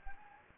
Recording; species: mosquito wingbeat signal from an infrared sensor; Anopheles gambiae